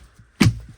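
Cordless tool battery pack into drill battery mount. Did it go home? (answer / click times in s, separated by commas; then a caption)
yes / 0.4 s. A 4 Ah slide-on battery pack is pushed onto the battery mount of a cordless drill. It latches with one loud, solid click at 0.4 seconds, followed by a short low-pitched thump. The battery seats firmly in place.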